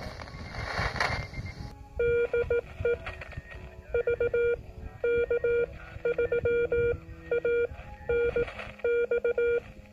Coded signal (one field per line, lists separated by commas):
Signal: Morse code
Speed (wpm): 18 wpm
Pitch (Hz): 480 Hz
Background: none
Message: DE VK3ANX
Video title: Introducing 2B2C, the story of a dual-band 2 channel QRP CW transceiver